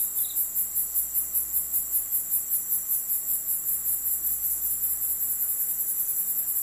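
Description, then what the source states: Cicada song, a shrill continuous buzz throbbing in quick regular pulses throughout. At night.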